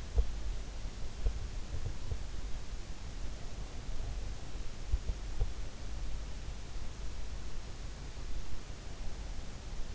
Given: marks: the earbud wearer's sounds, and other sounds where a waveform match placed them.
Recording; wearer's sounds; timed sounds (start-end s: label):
sounds in sleep by an in-ear microphone; body movement
0.00-2.31 s: body movement